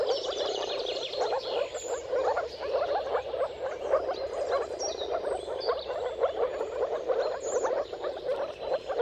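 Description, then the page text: Moor frogs calling together in a thick, bubbling mass of short notes, joined by occasional bird whistles. Mating calls of a moor frog chorus at sunrise, at the turn of March and April depending on the weather; recorded by Jakub Orzecki. "Dawn’s Chorus: Mating Calls of Marsh Frogs at Sunrise. Depending on the weather at the turn of March and April, you can witness an amazing spectacle of moor frogs. Jakub Orzecki"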